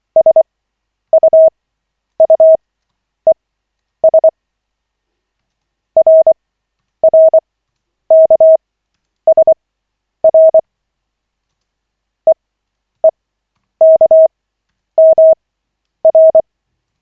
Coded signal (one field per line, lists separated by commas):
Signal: Morse code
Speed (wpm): 24 wpm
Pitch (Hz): 640 Hz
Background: none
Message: SUUES RRKSR EEKMR